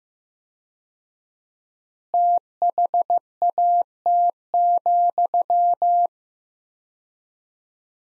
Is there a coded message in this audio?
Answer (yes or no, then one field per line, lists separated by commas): yes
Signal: Morse code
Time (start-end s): 2.1-6.1 s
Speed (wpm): 15 wpm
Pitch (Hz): 700 Hz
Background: none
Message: THAT,